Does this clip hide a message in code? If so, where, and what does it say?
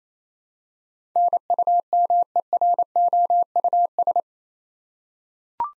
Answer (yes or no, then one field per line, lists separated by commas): yes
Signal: Morse code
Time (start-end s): 1.2-4.2 s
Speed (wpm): 28 wpm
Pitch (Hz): 700 Hz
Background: none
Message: NUMEROUS